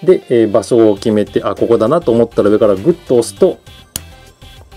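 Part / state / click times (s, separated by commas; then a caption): drill part into robot model body joint / seated / 4.0 s. Someone talks while a drill part of a plastic candy-toy model kit is positioned by eye inside the robot model body and pressed down firmly from above. A sharp click at 3.9 s marks the part snapping into its joint and fitting in place, followed by faint handling sounds.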